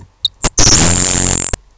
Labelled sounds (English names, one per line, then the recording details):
Grasshopper Sparrow
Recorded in Sonoma County, California